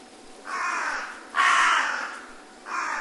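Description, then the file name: Carrion crow calling with drawn-out, hoarse caws, two full ones and a third starting at the end, each close to a second long. "hasiboso"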